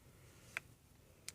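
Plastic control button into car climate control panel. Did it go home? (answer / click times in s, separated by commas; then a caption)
no / none. A small plastic button or knob is pressed by hand back into the dash climate control panel of a 1991 Oldsmobile Toronado Trofeo. Two brief, sharp ticks sound at about 0.6 s and 1.3 s over a quiet low rumble. Nothing has seated or clicked into place yet.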